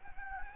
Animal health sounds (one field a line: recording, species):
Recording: mosquito wingbeat signal from an infrared sensor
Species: Anopheles gambiae